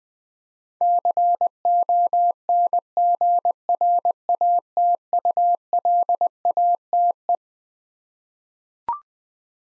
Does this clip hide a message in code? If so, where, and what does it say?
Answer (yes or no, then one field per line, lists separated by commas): yes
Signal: Morse code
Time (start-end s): 0.8-7.4 s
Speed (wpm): 20 wpm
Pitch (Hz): 700 Hz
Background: none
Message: CONGRATULATE